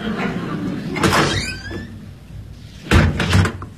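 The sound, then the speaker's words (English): A door creaks open with a rising squeal of the hinges, followed a moment later by a couple of heavy thuds as it swings shut. “I'm going to go out the back way.”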